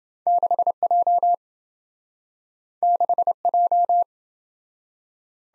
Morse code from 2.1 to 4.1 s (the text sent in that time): 6J